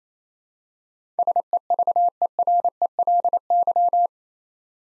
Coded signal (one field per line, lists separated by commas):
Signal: Morse code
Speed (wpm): 28 wpm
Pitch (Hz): 700 Hz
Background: none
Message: SEVERELY